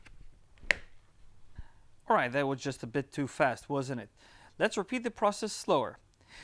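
A motorcycle intercom unit is snapped quickly into its plastic helmet mounting cradle, giving one sharp, loud click at 0.7 s as it seats. Fainter ticks come just before it, and from about 2.1 s someone talks.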